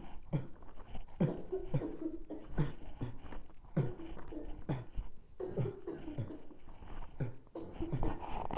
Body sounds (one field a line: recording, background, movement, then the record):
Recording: throat clearing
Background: traffic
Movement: walking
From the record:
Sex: male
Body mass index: 23.7 kg/m2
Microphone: on the chest, facing the body